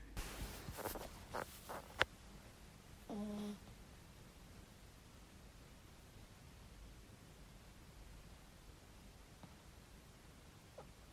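An adult snoring: a brief buzzing snore, then a long quiet stretch, then a louder, longer snore with a strong tonal buzz.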